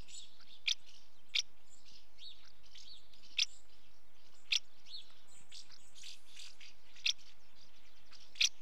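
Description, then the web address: House martin calls: short dry chirps spaced irregularly, with soft twittering between them. Female calling at the nest. "BBC Sound Effects Library. House Martin"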